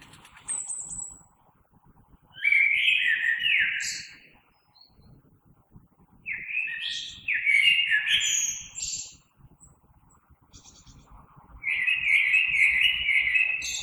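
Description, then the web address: Common blackbird song of rich fluting phrases with thin, high twittered endings, spaced by short pauses. Recorded 3 March 2020. "oiseaux Merle 2020 03 03"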